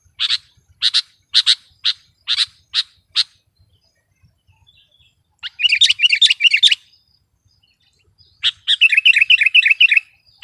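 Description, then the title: Sooty-headed bulbul calls: a series of sharp chirps, a pause, then two dense bursts of rapid twittering notes. "kutilang"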